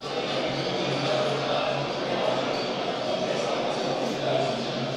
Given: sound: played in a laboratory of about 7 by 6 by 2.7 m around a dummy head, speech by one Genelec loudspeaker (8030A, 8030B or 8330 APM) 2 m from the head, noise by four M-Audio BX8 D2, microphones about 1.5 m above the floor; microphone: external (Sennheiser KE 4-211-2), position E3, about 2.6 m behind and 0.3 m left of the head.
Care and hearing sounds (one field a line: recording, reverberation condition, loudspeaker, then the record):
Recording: cafeteria noise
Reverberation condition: high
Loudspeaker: four, about 170 cm from the corners of the room and facing them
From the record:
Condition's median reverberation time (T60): about 1300 ms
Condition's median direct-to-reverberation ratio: about -4.0 dB